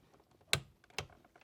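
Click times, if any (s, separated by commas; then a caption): 0.5 s. A click-type torque wrench tightens the center bolt of a new steering wheel on a Jeep Wrangler's steering column to 36 ft-lb, with the wheel braced by a knee to keep it from spinning. A sharp click at 0.5 s marks the wrench reaching its setting, followed by a softer second tick near 1.0 s. The bolt is confirmed torqued to spec.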